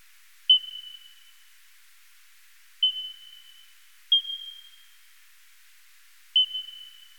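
Eastern coastal free-tailed bat calls: four sharp-edged, level tonal pulses, each trailing off in a long fading tail, spaced unevenly from a little over one to about two and a half seconds apart over silence.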